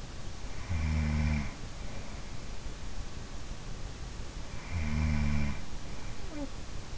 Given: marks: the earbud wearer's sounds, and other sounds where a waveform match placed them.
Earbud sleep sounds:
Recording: sounds in sleep by an in-ear microphone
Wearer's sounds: snoring breath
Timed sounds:
0.35-2.32 s: snoring breath
4.51-6.98 s: snoring breath

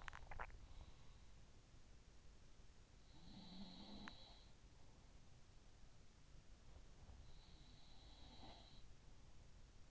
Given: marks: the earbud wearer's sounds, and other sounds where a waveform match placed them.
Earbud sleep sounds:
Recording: sounds in sleep by an in-ear microphone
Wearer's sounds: swallowing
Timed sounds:
0.00-0.78 s: swallowing
2.91-5.20 s: sound from someone else or the room
6.79-8.86 s: sound from someone else or the room

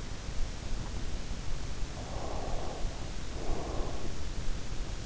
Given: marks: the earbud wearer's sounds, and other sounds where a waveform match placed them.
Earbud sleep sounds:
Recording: sounds in sleep by an in-ear microphone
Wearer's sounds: breath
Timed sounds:
1.88-4.57 s: breath

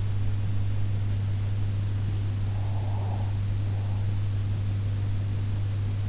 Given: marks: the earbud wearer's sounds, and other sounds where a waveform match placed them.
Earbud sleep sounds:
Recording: sounds in sleep by an in-ear microphone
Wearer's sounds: breath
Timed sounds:
2.48-4.17 s: breath

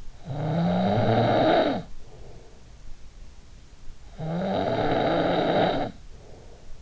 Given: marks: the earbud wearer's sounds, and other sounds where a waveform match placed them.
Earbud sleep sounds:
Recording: sounds in sleep by an in-ear microphone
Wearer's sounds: snoring breath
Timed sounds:
0.02-2.65 s: snoring breath
3.85-6.82 s: snoring breath

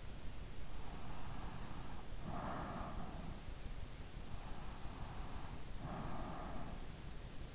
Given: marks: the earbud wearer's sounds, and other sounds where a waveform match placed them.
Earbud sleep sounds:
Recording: sounds in sleep by an in-ear microphone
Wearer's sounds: breath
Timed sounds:
0.97-3.67 s: breath
4.23-6.86 s: breath

